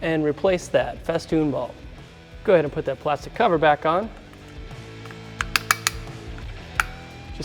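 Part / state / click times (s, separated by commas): plastic cover with side tabs onto the interior mirror light housing / seated / 5.4 s, 5.6 s, 5.7 s, 5.9 s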